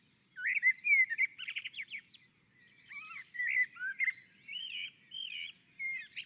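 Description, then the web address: Common blackbird song: a run of varied melodious whistles, some dipping and rising, mixed with brief high chattering notes. On a roof. "Naturinspelningar Koltrast på taket"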